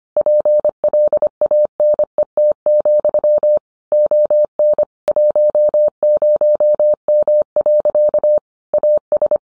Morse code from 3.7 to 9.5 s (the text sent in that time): ON 10M. AS